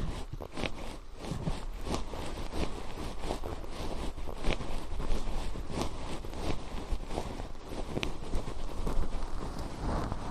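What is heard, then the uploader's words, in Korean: Fluffy ear cleaning: a thick, continuous brushing and rustling fills the whole clip, scratchy and full from a low rumble up to a bright hiss. Quick crackles and soft taps keep landing every second or so while the level stays even throughout. 솜털 귀청소 동시에 (인트로 수다 X).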